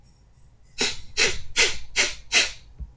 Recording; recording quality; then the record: shallow breathing; excellent, no background noise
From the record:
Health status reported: healthy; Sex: male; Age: 25 years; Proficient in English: yes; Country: United States